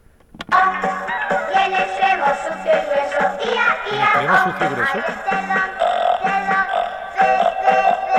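A man lets out a long, drawn-out guttural burp that sounds like a grunting pig, loud and rumbling with a wavering pitch, running continuously for several seconds.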